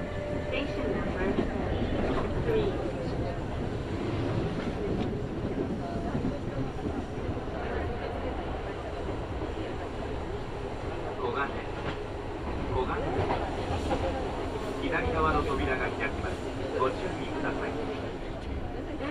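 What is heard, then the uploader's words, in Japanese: Steady low rumble of a local train riding the rails, with people talking and faint clattering and squeals scattered throughout. 近鉄名古屋線 普通 近鉄名古屋→蟹江。途中駅で特急や急行にバンバン抜かれます。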